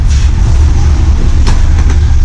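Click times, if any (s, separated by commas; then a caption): 1.5 s. A shop worker folds a sofa-cum-bed into its recliner position, and its frame fold mechanism locks into place with a single sharp knock at 1.5 s. A steady low rumble of traffic runs underneath the whole time. The mechanism is seated and locked.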